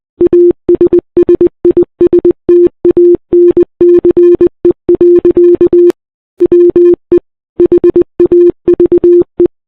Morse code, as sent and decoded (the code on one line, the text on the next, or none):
.- ... ... .. ... - .- -. -.-. . .-.-.- / .-- . / .... .- ...- .
ASSISTANCE. WE HAVE